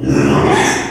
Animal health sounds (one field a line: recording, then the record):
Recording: squeal of a Yucatan mini pig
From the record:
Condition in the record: after surgery on the right vocal fold (resection and tissue-engineered implant)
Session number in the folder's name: 3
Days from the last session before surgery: 33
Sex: male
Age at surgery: 12 weeks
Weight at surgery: 13 kg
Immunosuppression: cyclosporine, prednisolone